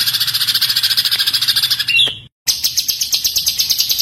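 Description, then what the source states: White-eye song: a fast, high chattering trill of evenly pulsed notes, briefly broken by a sliding whistle and a sudden silence, then the rapid pulsing resumes. Masteran recording of a gacor (continuously singing) white-eye, given as full tembakan song bursts.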